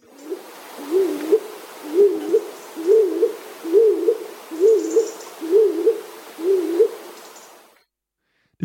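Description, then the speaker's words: Stock dove giving a dull, low cooing, a short two-part rising phrase repeated steadily about every 0.9 seconds, about seven times, over soft hiss. Call described as duller and shorter than the Eurasian collared dove's. "Hohltaube klingt dumpfer und kürzer."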